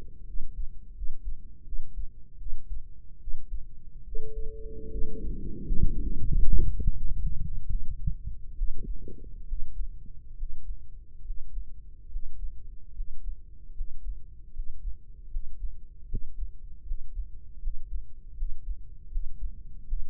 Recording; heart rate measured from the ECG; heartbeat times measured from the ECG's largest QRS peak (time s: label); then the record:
heart sounds by microphone in the right ear; 76 bpm
0.23 s: heartbeat
0.92 s: heartbeat
1.63 s: heartbeat
2.37 s: heartbeat
3.18 s: heartbeat
4.03 s: heartbeat
4.88 s: heartbeat
5.63 s: heartbeat
6.28 s: heartbeat
6.91 s: heartbeat
7.68 s: heartbeat
8.56 s: heartbeat
9.46 s: heartbeat
10.35 s: heartbeat
11.22 s: heartbeat
12.08 s: heartbeat
12.92 s: heartbeat
13.72 s: heartbeat
14.51 s: heartbeat
15.28 s: heartbeat
16.06 s: heartbeat
16.83 s: heartbeat
17.59 s: heartbeat
18.34 s: heartbeat
19.09 s: heartbeat
19.85 s: heartbeat
From the record:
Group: healthy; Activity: rest 0-2 s, breath hold 2-20 s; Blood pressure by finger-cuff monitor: 96/62 mmHg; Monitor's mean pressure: 74 mmHg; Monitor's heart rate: 77 bpm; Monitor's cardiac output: 5.3 L/min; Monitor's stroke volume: 71 mL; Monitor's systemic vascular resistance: 920 dyn s/cm5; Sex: female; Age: 23 years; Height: 160 cm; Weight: 50.4 kg